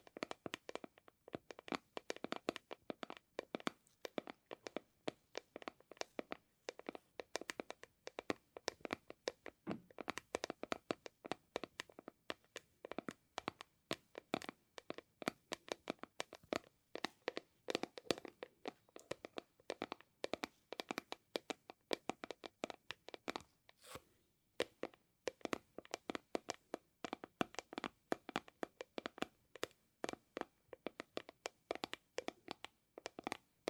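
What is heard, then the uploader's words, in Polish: Fingernails tapping on a hard surface in rapid, irregular bursts, each click short, sharp and bright. The taps come densely throughout, sometimes in quick rolls, with brief gaps of silence between clusters, especially near 24 seconds. No other sounds intrude. ASMR Tapping Dźwięki uderzania paznokciami.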